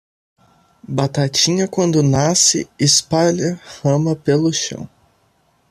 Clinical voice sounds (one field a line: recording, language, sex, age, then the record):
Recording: short text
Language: Brazilian Portuguese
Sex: male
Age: 20 to 29 years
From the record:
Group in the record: control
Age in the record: 20 years